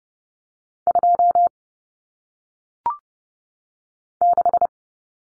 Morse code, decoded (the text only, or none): 2 6